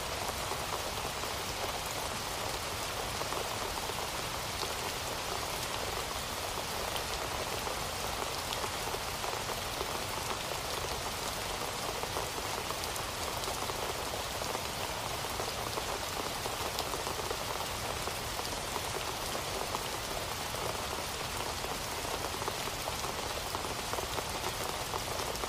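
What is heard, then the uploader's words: Steady, dense rain falls in a rainforest, a constant hiss of countless drops on leaves and surfaces with no pauses. The sound is bright and close, with faint individual splashes flickering through, and the level stays even throughout. Rainforest Rain Sounds.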